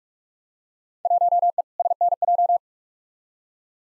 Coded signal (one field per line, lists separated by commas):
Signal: Morse code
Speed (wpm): 46 wpm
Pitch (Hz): 700 Hz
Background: none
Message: 1E SNJ